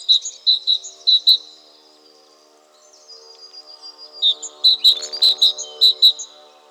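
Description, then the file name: Great tit calling with short, clear, high notes repeated several times a second in two bouts split by a silent gap, over a faint low hum. "Parus major"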